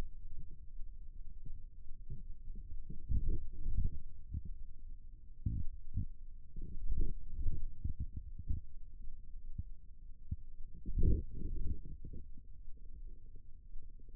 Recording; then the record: forearm muscle sounds (acoustic myography)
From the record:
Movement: radial deviation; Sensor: system 2, bracelet of six BSWA MPA416 microphones around the upper forearm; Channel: 3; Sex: male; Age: 22 years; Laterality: right